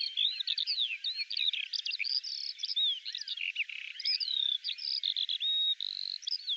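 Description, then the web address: Bird song, a rapid continuous jumble of varied whistles, slurred notes and short trills, with brief buzzy elements, running without pause. "Deverinetal 2025 File cleaned normalized Bird Al Ar"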